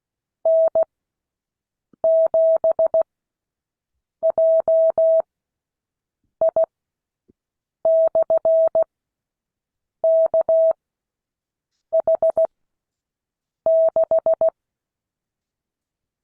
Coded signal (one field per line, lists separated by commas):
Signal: Morse code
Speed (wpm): 16 wpm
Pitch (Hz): 650 Hz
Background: none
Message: N7JI/KH6